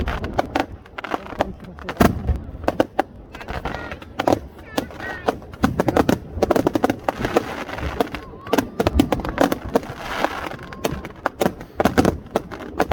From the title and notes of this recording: New Year's Eve. Wasilla AK Fireworks. Shot with my Samsung Galaxy S20+. Fireworks Show in Wasilla, AK.